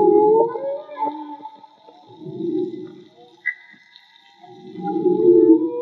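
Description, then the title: Whale song with low rough moans and higher sustained tones, ending in a rising tone. Field recording made with homemade DIY hydrophones; audio was cleaned afterwards. "CANTO DE BALLENAS MAGMA"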